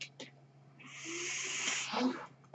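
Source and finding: Home mechanical ventilator. Mechanical ventilator breath.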